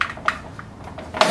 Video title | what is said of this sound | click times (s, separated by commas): Hospital Bed Assemby | you hear it click | 0.0 s